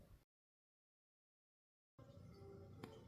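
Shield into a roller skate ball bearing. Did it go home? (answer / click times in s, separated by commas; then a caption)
yes / 2.8 s. A metal shield is pressed back onto a cleaned roller skate ball bearing until it snaps into place. After a brief burst of sound and a stretch of silence, a low steady background plays, and a sharp click lands at 2.8 s. The shield is seated, properly in so it won't come out.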